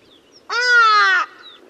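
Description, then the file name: Hadada ibis giving one loud, harsh, nasal call lasting under a second, slightly falling at the end, with quiet background afterwards. "Utrennie golosa - Hagedash velikolepnyj ibis ibisovye"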